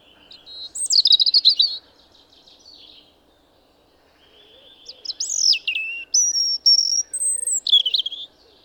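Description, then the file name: European robin singing a short sweet phrase of high warbles and trills, then after a pause a longer phrase of varied thin whistles, slides and fast notes. "Erithacus rubecula"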